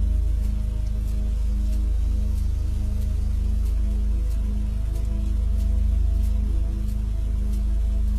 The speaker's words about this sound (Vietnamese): Cơn mưa đêm tầm tã trút xuống đến cả ngàn tấn nước. Âm thanh ù ù của những hạt mưa bị vỡ tan khi va đập xuống mặt đường, va đập lên những ô kính cửa sổ, lên những mái nhà, lên những nóc tòa cao tầng.